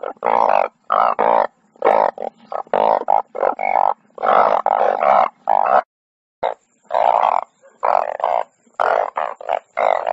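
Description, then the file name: Banded bullfrog giving repeated low, droning, harmonic calls, one after another with short pauses and a longer break near the middle. "tieng enh uong keu"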